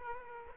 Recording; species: mosquito wingbeat signal from an infrared sensor; Aedes aegypti